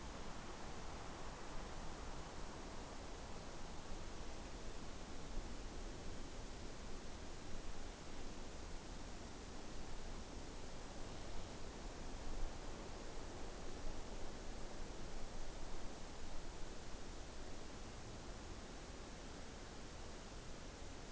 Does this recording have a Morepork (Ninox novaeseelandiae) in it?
no